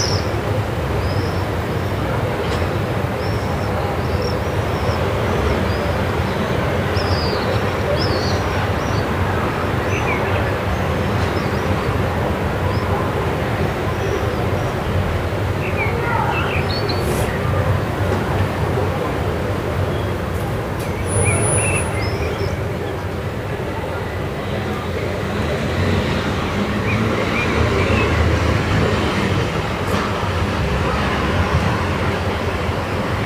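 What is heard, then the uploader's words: An evening street in a city, with a dense, steady rumble of traffic filling the low end for the whole stretch. Scattered brighter chirps, clinks and faint voices float above it, and a brief thin high whine cuts through around twenty-one seconds. Via Moscova, Milano (Evening). Recorded in Milan, Italy, on via della Moscova, overlooking Largo la Foppa. At 7:30 PM.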